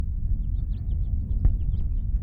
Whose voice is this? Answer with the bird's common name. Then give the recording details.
House Finch. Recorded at Nassau on Long Island, New York, on 21 May 1975. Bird BY